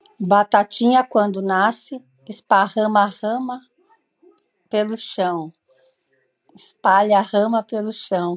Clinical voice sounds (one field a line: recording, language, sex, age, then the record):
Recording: short text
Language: Brazilian Portuguese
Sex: female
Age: 60 to 69 years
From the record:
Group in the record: control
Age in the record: 60 years